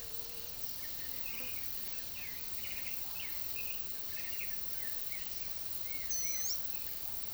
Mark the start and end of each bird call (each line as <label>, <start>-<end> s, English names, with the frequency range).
Black-billed Thrush (1.3-3.7 kHz), 0.00-7.33 s
Palm Tanager (3.8-9.6 kHz), 6.08-6.58 s